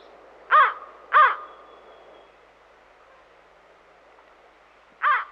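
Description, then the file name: American crow calling with two quick harsh caws, then a long silence before a final single caw. "Digiffects Sound Effects Library - American Crow Call"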